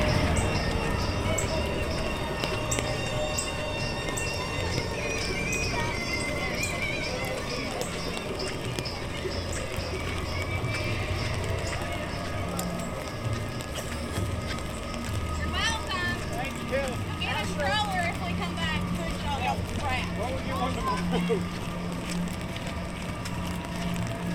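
A walk through Animal Kingdom park at Walt Disney World, with a steady wash of crowd chatter and voices throughout. Bright chirping and whistling calls appear in the first seconds and again between about 15 and 22 seconds, over a constant low rumble.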